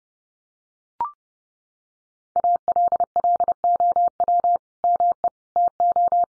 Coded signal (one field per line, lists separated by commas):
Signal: Morse code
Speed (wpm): 28 wpm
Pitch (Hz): 700 Hz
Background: none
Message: ALLOW ME TO